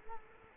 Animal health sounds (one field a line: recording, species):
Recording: mosquito wingbeat signal from an infrared sensor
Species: Culex quinquefasciatus